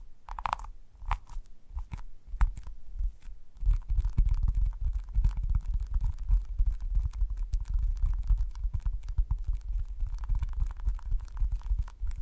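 Gentle tapping, opening with a few scattered, crisp taps and clicks over the first three seconds. From about four seconds on it becomes a dense, quick run of soft, low, muffled thuds, steady in level, with light clicks still sprinkled on top.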